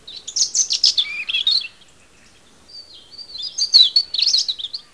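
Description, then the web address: European robin calling: two bursts of high, thin, rapid twittering notes with sliding whistled tones, separated by a short quiet gap near the middle. "erithacus rubecula call"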